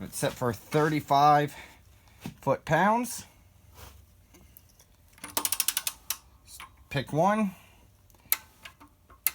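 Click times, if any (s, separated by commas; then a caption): 9.3 s. A click-type torque wrench set to 35 ft-lb tightens a clutch cover bolt on a clutch pressure plate going into a truck flywheel. Someone talks, then a quick run of ratcheting clicks sounds around 5.4–5.8 seconds. The wrench breaks over with a sharp click at 9.3 seconds, confirming it reached the setting.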